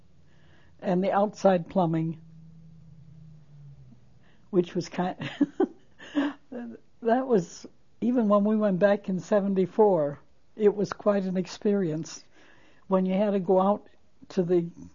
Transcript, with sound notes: And the outside plumbing, which was kind of-- (She laughs.) That was, even when we went back in '74, it was quite an experience when you had to go out to the